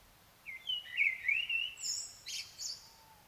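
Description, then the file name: Common blackbird song with a rich, wavering whistled phrase, then a squeaky, high-pitched twittering flourish at the end. "Turdus merula"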